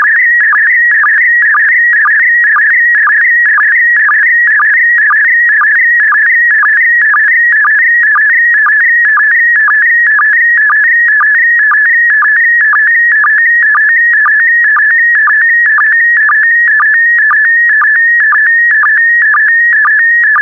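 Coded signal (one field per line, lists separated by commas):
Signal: SSTV (slow-scan television)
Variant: PD120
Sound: warbling tone near 2 kHz with a short lower blip about every half second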